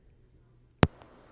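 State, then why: Seated. A headphone plug is pushed into a computer's audio jack and seats with one sharp, broadband click at 0.8 s, followed by a faint tick at 1.0 s over low background hiss. The audio starts working, though the plug later has to be held in place.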